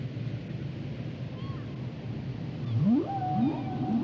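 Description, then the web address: Whale song: after quiet low hiss, a rising sweep bends into a long level tone, followed by shorter upward slides near the end. "Whale Songs Whales and Dolphins - whale nature sounds songs"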